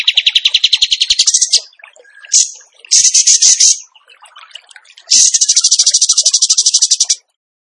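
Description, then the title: Bird song of fast pulsed trills in several bursts separated by pauses, ending with a steady two-second buzzy trill. Masteran (training recording) in tembakan gacor style. "Masteran Burung Tembakan Gacor"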